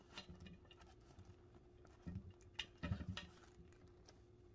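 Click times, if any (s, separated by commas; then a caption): none. A plastic cape piece is placed onto an action figure's shoulders and pressed, giving light plastic taps and handling rustles with a couple of sharper knocks. The cape does not snap into place, and nothing has clicked; it would have to be heated to fit.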